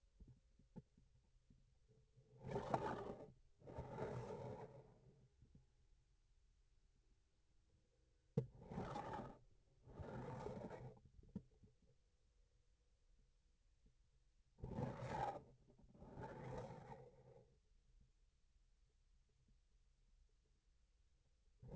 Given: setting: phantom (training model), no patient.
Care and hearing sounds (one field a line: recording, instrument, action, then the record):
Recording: laparoscopic instrument, vibration sensor on the handle end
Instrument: grasping forceps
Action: approaching and retracting movements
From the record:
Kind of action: spatial motion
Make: other than Olympus